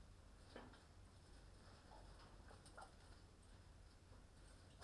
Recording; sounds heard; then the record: poultry house recording; healthy chickens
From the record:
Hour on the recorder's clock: 21